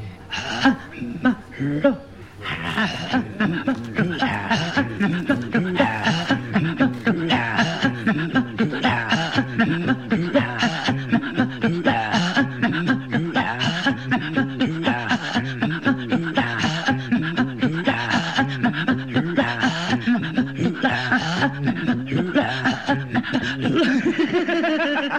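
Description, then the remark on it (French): Inuit women's throat singing, the seal song, in which the women imitate the erotic panting of love: fast, rhythmic, breathy grunts and pulses that sound like panting, interlocking in a steady loud pattern for the whole stretch with no talking. “Alors effectivement, chez les Inuits, on a le chant des phoques, qui est un chant où les femmes imitent les halètements érotiques de l'amour, quelquefois très proches des halètements du dernier soupir avant la mort.”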